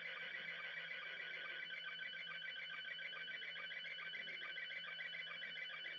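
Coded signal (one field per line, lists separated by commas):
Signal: SSTV (slow-scan television)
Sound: continuous warbling, chirpy tones with rapid regular ticks, slightly distorted and buzzy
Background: low hum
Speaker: and look there. Open GD77 DM70. You know what? Soon as I speak, cuz the phone is picking it up just from the sound.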